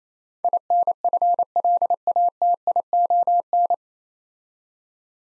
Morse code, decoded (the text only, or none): INFLATION